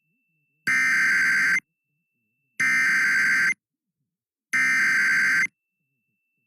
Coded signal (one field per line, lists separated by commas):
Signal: Emergency Alert System (SAME) tones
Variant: header bursts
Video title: EAS Tornado Warning in Saginaw, MI